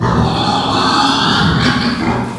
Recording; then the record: squeal of a Yucatan mini pig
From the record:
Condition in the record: after surgery on the right vocal fold (resection and tissue-engineered implant); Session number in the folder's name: 16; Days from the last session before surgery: 183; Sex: female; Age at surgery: 19 weeks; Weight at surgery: 25 kg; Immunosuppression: prednisolone